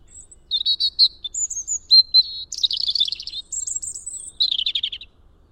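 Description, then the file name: European robin song: a run of thin, high whistled phrases alternating with rapid twittery trills, each phrase short and varied, pitch jumping between very high and mid notes. "Erithacus rubecula"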